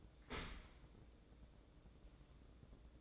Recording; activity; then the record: daily activity, microphone in the room; open dishwasher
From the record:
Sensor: 3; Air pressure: 1012.3 hPa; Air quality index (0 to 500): 148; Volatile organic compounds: 2 ppm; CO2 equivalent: 1139 ppm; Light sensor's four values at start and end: 494/1211/499/491 and 492/1207/497/489